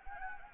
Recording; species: mosquito wingbeat signal from an infrared sensor; Anopheles arabiensis